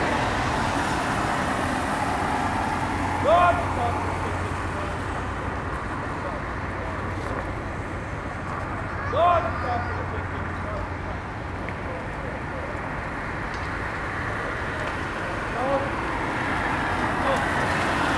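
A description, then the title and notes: Soldiers drill on an open parade ground in the early morning, with a short shouted command ringing out roughly every six seconds, near 3, 9 and 16 seconds. Beneath the calls, a steady, dense outdoor rumble of traffic and a low hum persists throughout. Members of the military do early morning drill practice. The large parade ground at the front of the barracks is damp.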